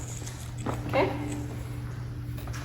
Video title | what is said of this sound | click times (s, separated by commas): Observe and Document a Car Seat Check | make sure it clicks | 0.6 s, 0.7 s